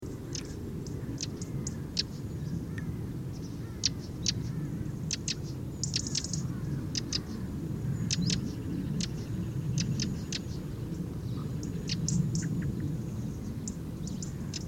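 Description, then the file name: Eurasian wren calls: sharp, dry high ticks scattered irregularly, some bunched in quick clusters, over a steady low rumbling background. "Troglodytes troglodytes"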